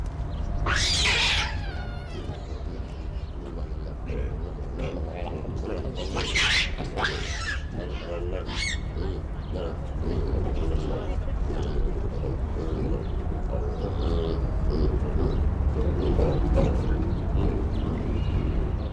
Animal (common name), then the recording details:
Hamadryas Baboon. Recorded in captivity. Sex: male. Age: adult. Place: Zoo Berlin, Berlin, DE. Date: 1994-03-05 13:11. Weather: heiter, 4°C, Windböen. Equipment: Marantz CP 430, Sennheiser ME 80, Kopie Uher Variocord 263. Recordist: Tembrock, Günter